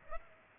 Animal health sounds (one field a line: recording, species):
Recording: mosquito wingbeat signal from an infrared sensor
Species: Aedes aegypti